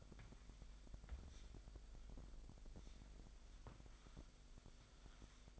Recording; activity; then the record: daily activity, microphone in the room; wipe stove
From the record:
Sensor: 5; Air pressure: 1001.8 hPa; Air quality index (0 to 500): 179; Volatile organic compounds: 11 ppm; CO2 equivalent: 2290 ppm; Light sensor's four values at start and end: 24/81/30/31 and 24/83/31/32